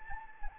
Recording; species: mosquito wingbeat signal from an infrared sensor; Anopheles gambiae